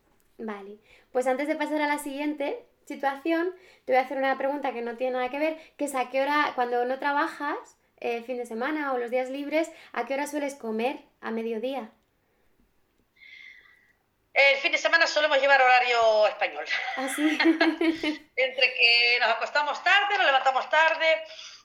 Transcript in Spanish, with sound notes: Vale, pues antes de pasar a la siguiente situación te voy a hacer una pregunta que no tiene nada que ver que es a qué hora cuando no trabajas el fin de semana o los días libres, ¿a qué hora sueles comer a mediodía?
El fin de semana solemos llevar horario español. (RISAS) Entre que nos acostamos tarde, nos levantamos tarde…